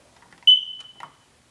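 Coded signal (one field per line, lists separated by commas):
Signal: beep code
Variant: household smoke alarm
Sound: one short shrill 3 kHz beep that fades, then a faint click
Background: small quiet room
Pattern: 1 short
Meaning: One beep confirms the test/reset button press was registered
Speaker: test the unit's electronics by pressing and releasing the test reset button you will hear one beep on the button push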